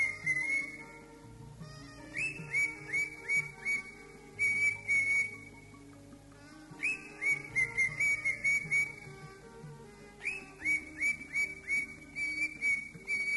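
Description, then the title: Greater green leafbird song: three bursts of rapid, clear whistled notes, over a steady low hum. "Cio. Kicau Burung Cucak Ijo"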